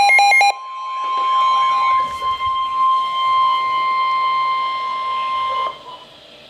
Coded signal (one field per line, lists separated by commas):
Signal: Emergency Alert System (SAME) tones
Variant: 1050 Hz attention tone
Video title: Flood Warning for Urban Areas (EAS #842) 6-7-13